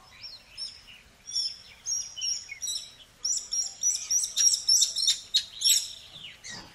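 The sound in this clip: Bird song, a lively warbling stream of high chirps and twitters that grows louder towards the end.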